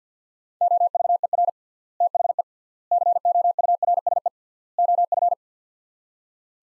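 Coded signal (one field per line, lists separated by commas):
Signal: Morse code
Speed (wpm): 50 wpm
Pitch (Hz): 700 Hz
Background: none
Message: OVER THE COURSE OF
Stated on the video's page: Morse practice at 50 wpm, sets of four words with 3x word spacing, a word-based Farnsworth-like method.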